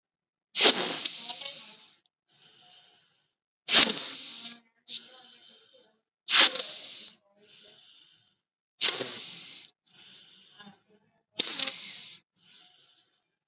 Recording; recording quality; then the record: deep breathing; excellent, no background noise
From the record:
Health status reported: COVID-19 positive, mild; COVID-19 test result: positive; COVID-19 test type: RT-PCR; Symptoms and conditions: cough, cold, fever, fatigue, muscle pain, another condition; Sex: female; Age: 25 years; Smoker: no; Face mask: not worn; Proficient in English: no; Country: India